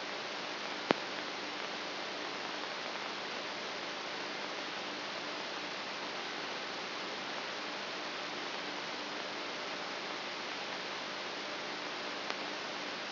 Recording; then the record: brain microelectrode recording played as sound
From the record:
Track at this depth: outside the subthalamic nucleus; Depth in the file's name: 1.241 mm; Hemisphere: left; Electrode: 3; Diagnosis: Parkinson's disease